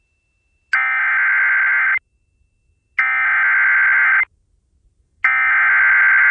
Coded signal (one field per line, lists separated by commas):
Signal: Emergency Alert System (SAME) tones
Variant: header bursts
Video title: EAS Severe Thunderstorm Warning on WSTO FM (Hot 96 FM) FOR MY AREA! (EAS #73)